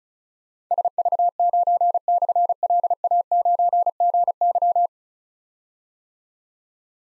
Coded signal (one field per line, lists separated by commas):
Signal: Morse code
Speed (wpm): 36 wpm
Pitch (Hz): 700 Hz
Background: none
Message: SV9/LA9GY